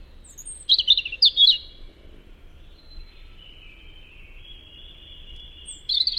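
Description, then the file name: European robin song: two quick bursts of high, twittering notes, a long thin high whistle held through the middle, then another bright burst at the end. "Tomas Belka - Zaryanka Erithacus rubecula"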